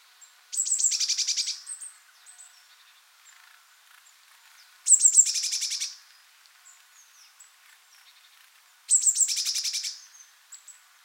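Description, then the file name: Eurasian blue tit scolding in three bursts roughly four seconds apart, each opening with sharp high notes and rattling into a rapid, churring series, with soft chips between. "Cyanistes caeruleus"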